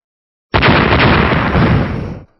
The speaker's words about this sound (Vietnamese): Những tiếng nổ lớn vang lên liên tiếp, quang mạc màu đỏ chấn động mãnh liệt, giống như vô vàn con sóng dữ đang cuộn trào.